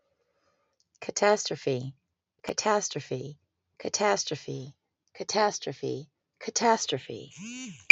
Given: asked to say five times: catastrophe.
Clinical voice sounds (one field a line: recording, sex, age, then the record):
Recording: repeated word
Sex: female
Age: 40 to 49 years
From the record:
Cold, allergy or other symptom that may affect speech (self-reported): no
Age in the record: 46 years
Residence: California, United States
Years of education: 14